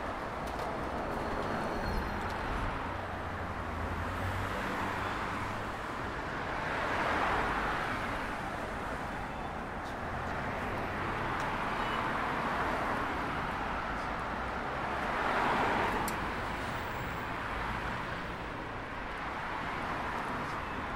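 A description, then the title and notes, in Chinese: City sound: a continuous roar of traffic fills the whole stretch, dense and steady. Passing vehicles swell the noise around 7 seconds and again near 15–16 seconds, with a low rumble underneath and faint brief knocks scattered through. 坐在300快外晒太阳｜城市声音。很喜欢300快外公交，坐在二层的第一排，被太阳从头到脚晒着，很浪漫。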